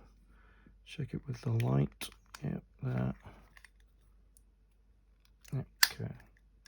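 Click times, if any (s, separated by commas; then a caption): 5.8 s. Two plastic parts of a model figure kit are lined up on their pins and pressed together until they snap home, clicking into place at 5.8 s. Someone talks before and after, with a few small ticks in the pauses.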